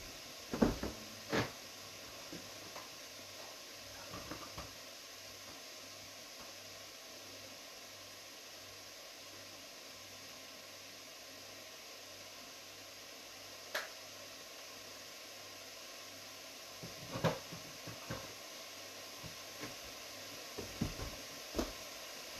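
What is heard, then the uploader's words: Onions fry in a pan with a steady, even sizzling hiss that runs the whole time, joined by a faint low hum. Sharp knocks and clicks break through now and then, grouped near the start, around the middle, and more often toward the end. ASMR Cooking. Chopping vegetables, frying onions, pouring water and so forth.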